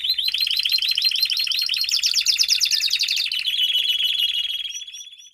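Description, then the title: Domestic canary song in dense, rapid rolling trills that climb slightly in pitch midway, then fade out toward the end. Male canary singing a lot, in a 30-minute canary training recording meant to warm up young birds and Belgian canaries. "Canary Training Esquente Seu Filhote E Canario Belga Em 30 Minutos Macho Cantando Muito"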